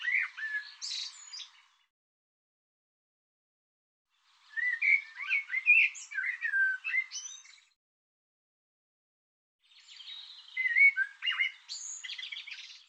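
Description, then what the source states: Bird song in three separate bursts of complex, jumbled warbling and high whistled notes, each separated by a silent gap of a few seconds. Bird labelled 'Tu Me Tu Me'.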